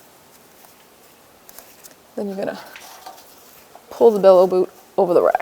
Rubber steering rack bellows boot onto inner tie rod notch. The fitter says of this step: want to make sure that this goes all the way onto that notch clicks you'll feel it click in place